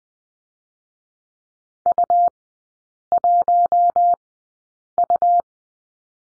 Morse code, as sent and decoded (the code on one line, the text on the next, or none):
..- .---- ..-
U1U